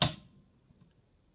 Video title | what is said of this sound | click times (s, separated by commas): Sådan vander du Bonnie | den er ret stram så man skal høre at den siger klik | 0.0 s